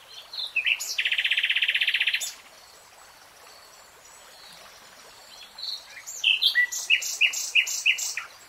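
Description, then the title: Nightingale song: a dry buzzy rattle held for about a second, a pause, then a run of sharp, high repeated notes. "[Tiếng chim hót] REALTIME Nightingale Singing"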